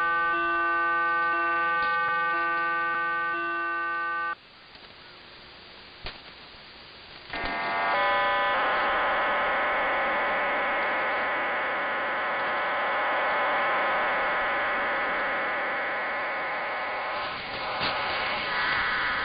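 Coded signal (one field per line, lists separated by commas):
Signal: numbers station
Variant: HM01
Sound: chord of many steady tones, brief gap, more tones, then long wide rushing data hiss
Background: radio static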